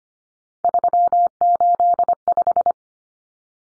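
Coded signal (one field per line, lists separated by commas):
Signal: Morse code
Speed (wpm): 25 wpm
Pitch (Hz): 700 Hz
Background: none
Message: 385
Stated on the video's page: Head-copy drill of common three-digit cut numbers at 25 wpm, with T, A, N standing for 0, 1, 9; each number sent twice.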